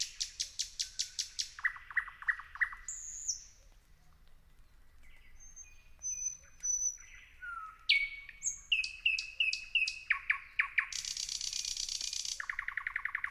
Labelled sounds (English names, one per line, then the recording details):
Thrush Nightingale
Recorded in the wild
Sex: male
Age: adult
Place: Kützerhof, Kummerower See, Mecklenburg-Vorpommern, DE
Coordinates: 53.8481, 12.885
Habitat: alluvial forest
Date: 2008-05-15
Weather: clear night, first quarter moon, 10°C, no wind
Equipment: Sound Devices 702, Sennheiser MKH 70, Windkorb
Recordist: Frommolt, Karl-Heinz